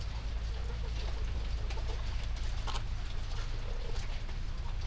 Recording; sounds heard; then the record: poultry house recording; sick chickens (respiratory disease)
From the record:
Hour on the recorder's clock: 20